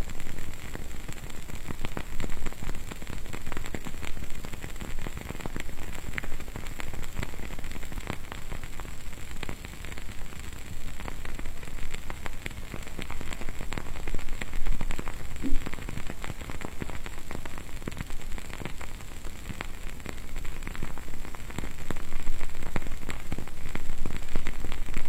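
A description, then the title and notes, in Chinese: A candle burns, its wick giving off a dense, steady patter of tiny crackles and ticks, like light rain. A soft low rumble and a thin, constant high hiss sit underneath, and the crackling grows slightly louder near the end. 蜡烛燃烧的声音。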